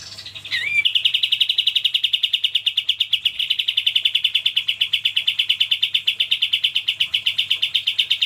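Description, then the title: Bulbul song: one quick curved whistle, then a sustained fast trill of sharp, evenly spaced notes at steady pitch for about seven seconds. Used for training songbirds. "Masteran Kapas Tembak Mewah"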